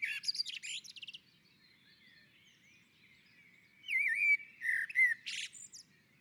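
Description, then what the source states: Common blackbird song: a twittery phrase, a quiet gap, then a louder looping fluty warble finished with high squeaks. On a roof.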